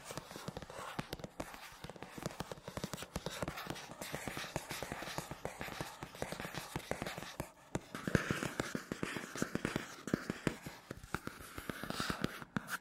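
Rapid, uneven scratchy tapping on matte surfaces, dense dry clicks and scrapes throughout, with a brief pause near eight seconds before resuming.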